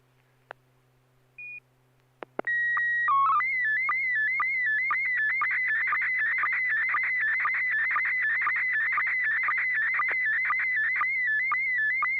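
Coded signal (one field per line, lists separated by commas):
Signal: SSTV (slow-scan television)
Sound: short beep and clicks, then steady tone, chirpy header, then continuous warbling scan tone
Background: low mains hum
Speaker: yeah I've got one to send out and let's see oops turn on templates I almost forgot to do that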